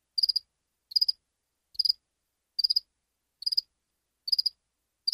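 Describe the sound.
Cricket chirps: bright, high pulsed bursts of three or four pulses each, repeated regularly, nothing else audible.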